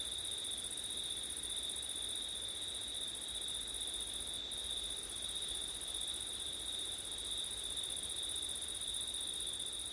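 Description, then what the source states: Constant high cricket chorus in two bands, a single brief break in the highest layer midway, soft wind noise in the background. Crickets on a windy September night, ORTF microphone setup.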